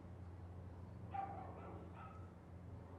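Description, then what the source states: Dog yapping, a couple of short barks in the middle over a steady low hum. Constant yapping from a dog in a neighborhood background.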